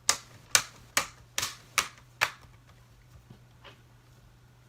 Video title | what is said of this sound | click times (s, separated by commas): Laptop screen replacement (How to replace notebook LCD) [HP Pavilion DM-3099SE] | just all snaps right into place now | 0.1 s, 0.6 s, 1.0 s, 1.4 s, 1.8 s